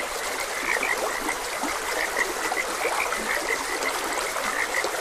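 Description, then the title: Frogs calling with clear, short high notes repeated rapidly, over a steady babbling stream. Frogs croaking beside a gentle stream. "Gentle Stream and Frogs Croaking"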